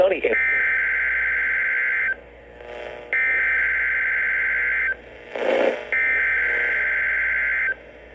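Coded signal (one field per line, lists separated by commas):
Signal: Emergency Alert System (SAME) tones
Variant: header bursts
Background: speech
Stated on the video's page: Weekly test on weather radio in downtown Madison, Wisconsin.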